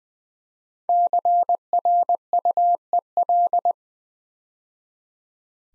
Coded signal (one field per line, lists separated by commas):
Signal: Morse code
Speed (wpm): 20 wpm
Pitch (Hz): 700 Hz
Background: none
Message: CRUEL